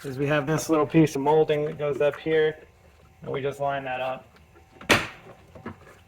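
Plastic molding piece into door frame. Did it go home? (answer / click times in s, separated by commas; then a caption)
yes / 4.9 s. Someone talks while lining up a small plastic molding piece at the top of the door frame of a 2008-2020 Dodge Grand Caravan during a door side mirror replacement. The piece is knocked into place, giving a sharp snap at 4.9 s, followed by a few faint knocks as the talking resumes. The molding piece is seated.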